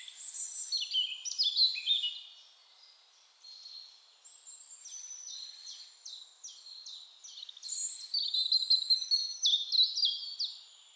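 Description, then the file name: European robin: high tinkling, warbled phrases, a quieter middle stretch of thin notes, then a louder closing run of rapid, shimmering trilled notes. "Erithacus rubecula"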